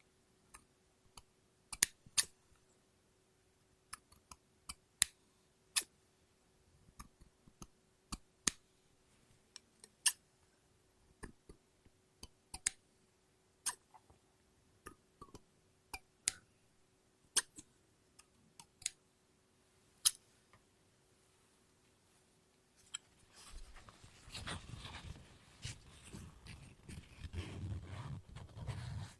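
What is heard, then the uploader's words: Sharp, crisp snips of scissors cutting paper come one after another, irregularly spaced about a second apart for the first twenty seconds, over a faint steady hum. Near the end the snipping stops and a denser, rustling, low scraping of paper takes over. ASMR Scissors No Talking Snips and Cutting Paper.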